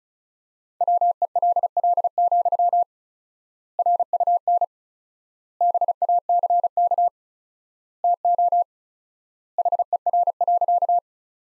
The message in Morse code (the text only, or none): WELL, RUN BACK TO HER.